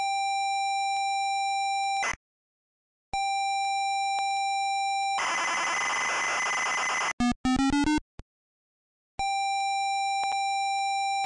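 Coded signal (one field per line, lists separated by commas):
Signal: ZX Spectrum tape loading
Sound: steady buzzy lead tone, pauses, harsh screeching data noise, short raspy bursts, lead tone again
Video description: this video shows the tape loading and execution the Jetpac game in MSX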